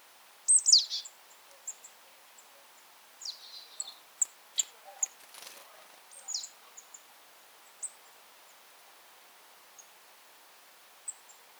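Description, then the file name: Marsh tit calls: one sharp falling note opens, a brief buzzy rattle follows, then scattered thin high ticks and faint clicks. "Poecile palustris"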